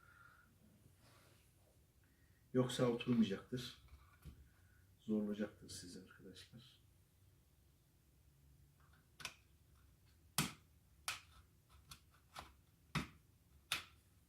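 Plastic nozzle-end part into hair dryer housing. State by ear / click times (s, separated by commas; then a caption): not seated / none. A plastic filter/cover part from the nozzle end of a hair dryer is handled and lined up with the ridges and recesses in the housing while someone talks. Short, sharp plastic taps follow at about 9.3, 10.4, 11.1, 13.0 and 13.7 seconds. The part has not seated or clicked into the housing yet.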